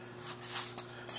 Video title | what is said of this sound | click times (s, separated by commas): Open Box, Assemble, Install & Testing an Outdoor Digital HDTV Antenna | snaps on there's one tab there and another tab there just like that snaps right on pretty easy so | 1.1 s